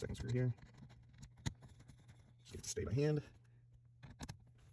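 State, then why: Seated. While fixing the steering wheel tilt on a Mercedes GLK-250, the second screw on reassembled interior plastic trim is turned backwards (counterclockwise) by hand so its thread drops into the first plastic thread. Someone talks, then small clicks come at 4.2 and 4.3 seconds as the screw seats in the plastic thread.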